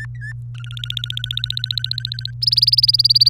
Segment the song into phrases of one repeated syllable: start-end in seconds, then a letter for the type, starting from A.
0.00-0.33 A, 0.55-2.31 B, 2.42-3.29 C